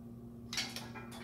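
A weight selector pin is pushed back into the slot of the metal weight stack on a lat/row machine until it sits flush against the plates. A metallic clank comes at 0.5 s, followed by a smaller tap at 0.8 s over a steady low hum. The pin is seated in the stack.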